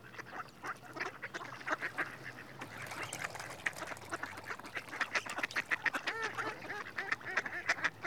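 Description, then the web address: Mallard making rasping, slightly nasal quacks, some with rising-falling tone, repeated in quick uneven series that grow livelier in the second half. Male. "The BBC Sound Effects Library. Mallard (Anas Platyrhynchos) Male"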